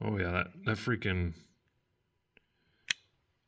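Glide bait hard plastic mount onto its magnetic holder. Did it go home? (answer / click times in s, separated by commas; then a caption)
yes / 2.9 s. Someone talks for the first second and a half, then after a faint tick at 2.4 s, the hard plastic mount on a Chop Block glide bait is brought onto its heavy duty magnetic holder and snaps into place with a sharp click at 2.9 s. The mount seats firmly on the magnet.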